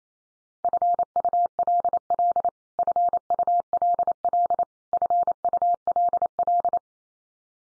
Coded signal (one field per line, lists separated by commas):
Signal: Morse code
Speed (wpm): 28 wpm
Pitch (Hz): 700 Hz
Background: none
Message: FULL FULL FULL